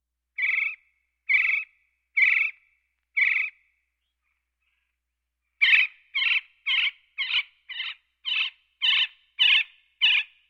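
Gila woodpecker calling: four loud, harsh notes spaced nearly a second apart, then after a pause a quicker run of several rasping yips; no other sounds.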